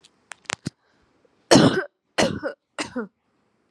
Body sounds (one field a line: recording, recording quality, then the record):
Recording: heavy voluntary cough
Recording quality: excellent, no background noise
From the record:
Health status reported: COVID-19 positive, no symptoms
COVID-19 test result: positive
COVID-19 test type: RT-PCR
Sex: female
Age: 25 years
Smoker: no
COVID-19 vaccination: both doses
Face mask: not worn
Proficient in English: yes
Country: India